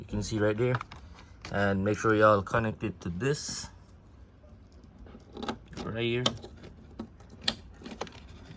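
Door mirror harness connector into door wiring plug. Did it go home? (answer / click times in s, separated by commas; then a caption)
yes / 7.5 s. A door mirror's wiring harness connector is pushed into its mating plug inside the door of a Q50 3.0t while someone talks. After small handling clicks and rustles, a sharp snap at 7.5 s marks the connector seating.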